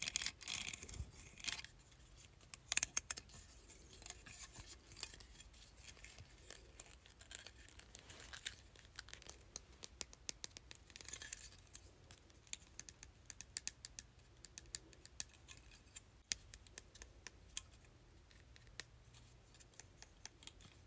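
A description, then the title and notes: A plastic claw clip is handled closely, giving irregular sharp clicks and snaps scattered throughout over a soft low hum in a small room. ASMR Claw Clip.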